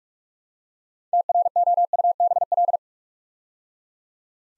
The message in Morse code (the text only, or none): TROUBL